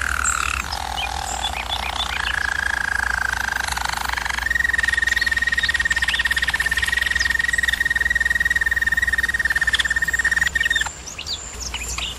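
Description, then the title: German Roller canary rolling song, starting low, stepping higher, then holding one long steady trill for about six seconds before ending in short notes, over a soft low hum. German Roller canary singing, for canary training. "German Roller Canary Singing - Canary Training Vid"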